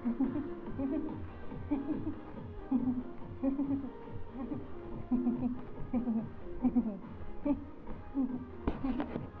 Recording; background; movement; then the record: laughter; music; walking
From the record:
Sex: female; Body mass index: 22.6 kg/m2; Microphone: on the chest, facing the body